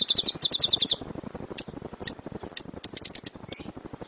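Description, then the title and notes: Lovebird song of high, rapid chattering bursts, followed by several sharp separate chirps. Competition lovebird; kicau (chirping song). "Love Brid Juara. Kicau Lovebird"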